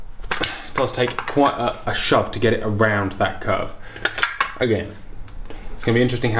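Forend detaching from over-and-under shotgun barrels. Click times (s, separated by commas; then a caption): 0.3 s. The forend is pulled off a Beretta 694 over-and-under shotgun and releases from the barrels with a sharp snap at 0.3 s, needing quite a shove to get it round the curve. Someone talks throughout.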